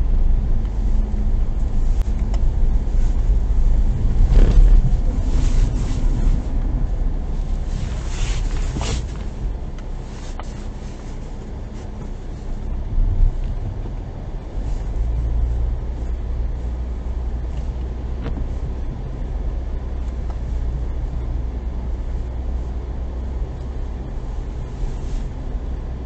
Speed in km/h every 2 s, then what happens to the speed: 24, 24, 22, 11, 9, 5, 4, 10, 10, 11, 10, 11, 11.
3-11 slows to 4. 14-26 steady at about 10.